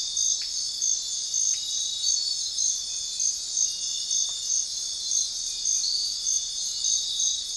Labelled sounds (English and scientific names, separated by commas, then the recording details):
none
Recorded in dense forest near Puerto Asís, Putumayo, Colombia, on 4 March 2025 at 04:30
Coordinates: 0.500, -76.322
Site GP06